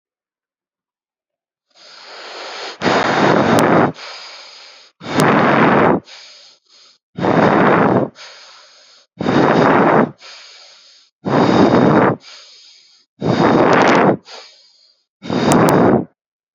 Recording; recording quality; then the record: deep breathing; excellent, no background noise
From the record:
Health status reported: exposed to COVID-19, no respiratory illness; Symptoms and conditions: none ticked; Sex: male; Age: 21 years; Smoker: not ticked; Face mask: not worn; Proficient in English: yes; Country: India